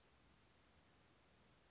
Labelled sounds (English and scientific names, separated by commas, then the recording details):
Western Flycatcher (Empidonax difficilis)
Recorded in Sonoma County, California